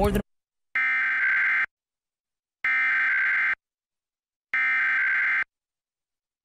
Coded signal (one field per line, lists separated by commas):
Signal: Emergency Alert System (SAME) tones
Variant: header bursts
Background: speech